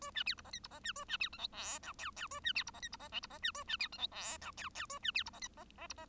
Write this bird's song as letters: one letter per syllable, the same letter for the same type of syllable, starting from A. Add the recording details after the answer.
A B C D E F D E B A B C G H I J K K A B C D E F D E L D E B A B C G H I J K K A B C D E F E E D E. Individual Bird1